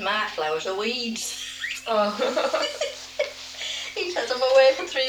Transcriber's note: laughs